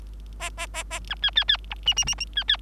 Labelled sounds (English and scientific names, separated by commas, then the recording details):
Bengalese Finch (Lonchura striata domestica) song
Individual Bird3